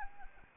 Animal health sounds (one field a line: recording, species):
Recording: mosquito wingbeat signal from an infrared sensor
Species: Anopheles arabiensis